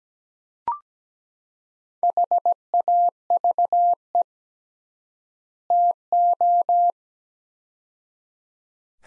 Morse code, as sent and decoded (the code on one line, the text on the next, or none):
.... .- ...- . / - ---
HAVE TO